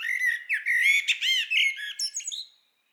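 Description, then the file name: Common blackbird's continuous varied phrase of harsh, squeaky, slurred notes with rising and falling tones, ending in silence after about two and a half seconds. "Turdus merula"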